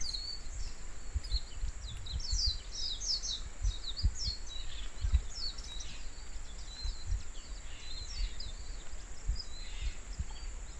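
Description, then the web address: Bird chirps, short high twittering notes scattered through most, faint over a steady low rumble like wind. "yacho koe"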